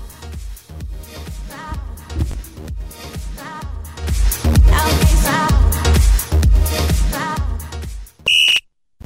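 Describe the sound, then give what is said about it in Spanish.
A referee's final whistle: one loud, shrill, high-pitched blast lasting about half a second, sounding right after a stretch of busy music stops near the end. “Se escuchó el silbatazo final.”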